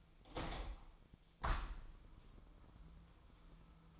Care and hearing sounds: daily activity, microphone in the room; open window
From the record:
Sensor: 1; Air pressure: 1004.6 hPa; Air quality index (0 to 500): 122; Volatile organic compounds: 4 ppm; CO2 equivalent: 1687 ppm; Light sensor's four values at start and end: 8/21/8/9 and 9/21/8/9

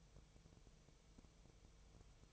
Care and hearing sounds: daily activity, microphone in the room; take from stove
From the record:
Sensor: 1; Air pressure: 999.4 hPa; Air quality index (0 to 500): 198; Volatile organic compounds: 40 ppm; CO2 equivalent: 3142 ppm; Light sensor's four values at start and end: 9/22/8/9 and 9/22/8/9

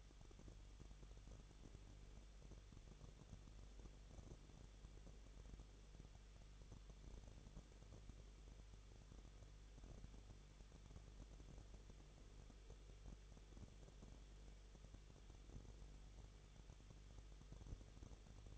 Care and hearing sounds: daily activity, microphone in the room; no activity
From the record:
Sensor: 4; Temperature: 23.0 degrees Celsius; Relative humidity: 34.3%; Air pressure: 1007.3 hPa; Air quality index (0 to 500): 217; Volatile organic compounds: 15 ppm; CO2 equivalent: 2512 ppm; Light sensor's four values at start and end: 2/3/1/1 and 2/3/1/1

